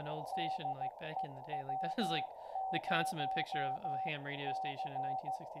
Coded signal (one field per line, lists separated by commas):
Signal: Morse code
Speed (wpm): 15 wpm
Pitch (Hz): 760 Hz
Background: speech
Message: DE W0C